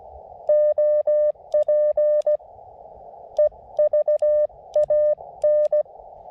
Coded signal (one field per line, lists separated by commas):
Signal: Morse code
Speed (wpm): 16 wpm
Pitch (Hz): 590 Hz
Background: none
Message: OP EVAN